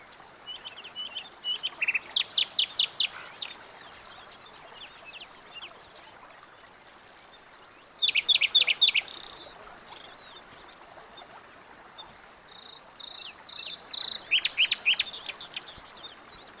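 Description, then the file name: Common nightingale song in three bursts, each a fast run of repeated high chirps and rattling trills, separated by pauses several seconds long, with faint background hiss. "Luscinia megarhynchos"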